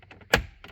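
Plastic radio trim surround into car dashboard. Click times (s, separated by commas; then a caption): 0.3 s. A plastic radio trim surround is pressed into a car dashboard, with soft taps and knocks before and after. A sharp snap at 0.3 s is the trim clip pressing home, and the trim is seated.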